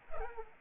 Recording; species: mosquito wingbeat signal from an infrared sensor; Culex pipiens